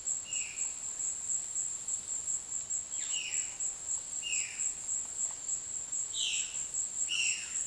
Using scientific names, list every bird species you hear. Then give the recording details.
Cyanocorax violaceus. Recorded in dense forest near Puerto Asís, Putumayo, Colombia, on 19 February 2024 at 14:00. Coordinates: 0.502, -76.326. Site G6460